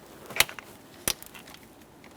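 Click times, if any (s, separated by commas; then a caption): 1.1 s. A wiring harness connector is pressed onto the back of the throttle body on a 2011-2020 Toyota Sienna 3.5L V6, then given a little tug to check it is secured. A sharp snap comes at 0.4 s, followed by faint ticks and a crisp click at 1.1 s as the connector seats.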